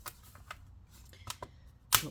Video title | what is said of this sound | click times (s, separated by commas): Lenovo IdeaPad S415 Touch Disassembly RAM SSD Hard Drive Upgrade Battery Replacement Repair | make sure it clicks down there we go | 0.5 s, 1.3 s, 1.4 s, 1.9 s